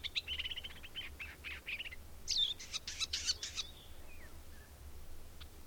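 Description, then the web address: Bird song, fairly soft: a short trill, then a string of chirpy notes and a few thin squeaks trailing off. "madarak enek"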